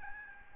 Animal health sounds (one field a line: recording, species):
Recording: mosquito wingbeat signal from an infrared sensor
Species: Aedes albopictus